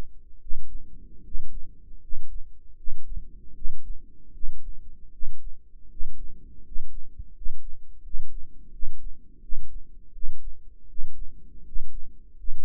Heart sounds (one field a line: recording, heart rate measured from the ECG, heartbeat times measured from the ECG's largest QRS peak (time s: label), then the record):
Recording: heart sounds by microphone in the right ear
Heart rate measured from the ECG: 80 bpm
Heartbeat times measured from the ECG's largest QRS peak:
0.40 s: heartbeat
1.24 s: heartbeat
2.01 s: heartbeat
2.76 s: heartbeat
3.54 s: heartbeat
4.33 s: heartbeat
5.12 s: heartbeat
5.90 s: heartbeat
6.64 s: heartbeat
7.34 s: heartbeat
8.03 s: heartbeat
8.72 s: heartbeat
9.41 s: heartbeat
10.13 s: heartbeat
10.88 s: heartbeat
11.65 s: heartbeat
12.37 s: heartbeat
From the record:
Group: healthy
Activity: rest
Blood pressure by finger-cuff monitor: 109/70 mmHg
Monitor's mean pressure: 79 mmHg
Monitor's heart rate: 79 bpm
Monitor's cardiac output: 6.6 L/min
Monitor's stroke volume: 80 mL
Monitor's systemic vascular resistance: 870 dyn s/cm5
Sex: male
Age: 35 years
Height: 180 cm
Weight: 86.9 kg